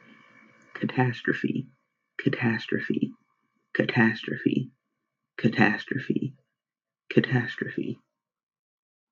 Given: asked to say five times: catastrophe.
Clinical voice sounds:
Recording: repeated word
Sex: male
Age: 20 to 29 years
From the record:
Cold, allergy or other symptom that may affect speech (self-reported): no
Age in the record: 23 years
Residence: Pennsylvania, United States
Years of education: 16

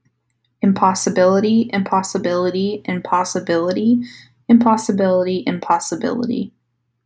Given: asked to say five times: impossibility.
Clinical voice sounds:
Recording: repeated word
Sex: female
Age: 20 to 29 years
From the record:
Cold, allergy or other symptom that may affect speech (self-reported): no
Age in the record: 26 years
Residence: California, United States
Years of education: 18

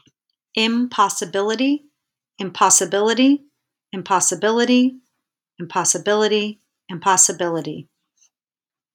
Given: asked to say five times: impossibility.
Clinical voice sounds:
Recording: repeated word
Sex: female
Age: 40 to 49 years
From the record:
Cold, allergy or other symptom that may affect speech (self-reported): no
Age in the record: 48 years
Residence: California, United States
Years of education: 18

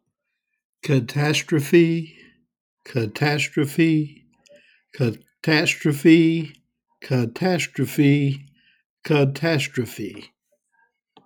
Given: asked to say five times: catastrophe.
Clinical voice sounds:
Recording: repeated word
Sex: male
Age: 70 to 79 years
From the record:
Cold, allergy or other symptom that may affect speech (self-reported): no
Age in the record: 73 years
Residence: Virginia, United States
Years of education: 16

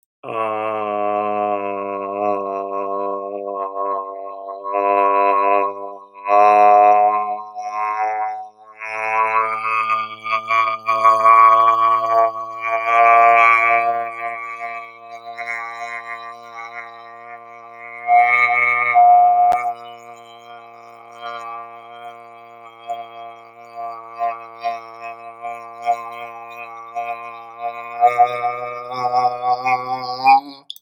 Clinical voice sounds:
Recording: vowel held as long as possible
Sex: male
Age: 30 to 39 years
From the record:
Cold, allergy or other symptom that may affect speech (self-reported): no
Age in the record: 31 years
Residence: Minnesota, United States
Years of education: 16

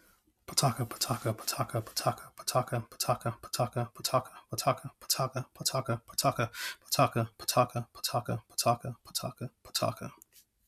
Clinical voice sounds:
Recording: repeated syllables /pa ta ka/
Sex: male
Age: 30 to 39 years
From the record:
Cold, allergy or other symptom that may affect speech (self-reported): no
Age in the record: 33 years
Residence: North Carolina, United States

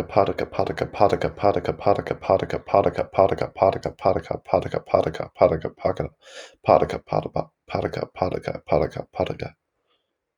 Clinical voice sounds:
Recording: repeated syllables /pa ta ka/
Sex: male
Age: 20 to 29 years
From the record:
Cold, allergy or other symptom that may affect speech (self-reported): no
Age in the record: 28 years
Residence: New Jersey, United States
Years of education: 12

